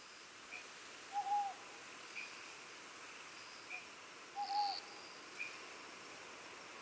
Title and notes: 梟 - Owl. Recorded in Iriomote Island Okinawa Japan